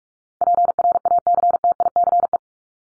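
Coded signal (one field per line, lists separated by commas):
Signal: Morse code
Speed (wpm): 44 wpm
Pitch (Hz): 700 Hz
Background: none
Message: PRACTICE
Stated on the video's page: Morse practice drill of words ranked 501 to 750 at 45 wpm, each word sent twice.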